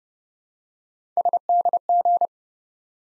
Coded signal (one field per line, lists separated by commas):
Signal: Morse code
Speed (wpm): 31 wpm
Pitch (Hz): 700 Hz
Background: none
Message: SDG